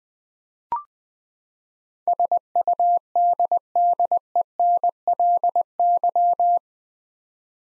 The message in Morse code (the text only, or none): SUDDENLY